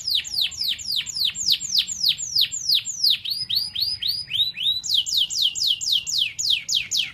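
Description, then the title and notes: Canary song of loud, repeated downward-sweeping whistles, about four a second, briefly shifting to softer swoops before the fast whistled series resumes; a faint low hum underneath. Canary master (masteran) song, described as solid (mantap). "Suara Burung Kenari Masteran. master suara burung kenari mantap"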